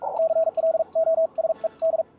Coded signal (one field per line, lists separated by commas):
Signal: Morse code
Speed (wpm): 44 wpm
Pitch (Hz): 650 Hz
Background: radio noise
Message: CLOSED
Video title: Chat with Rich G4FAD abt learning Morse & our Journey into QRQ CW